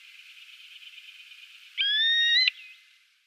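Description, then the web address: Terek sandpiper giving a single clear, slightly rising whistled note lasting under a second, preceded by a faint steady buzzing hum. "Schulze Peter Terek Sandpiper calls"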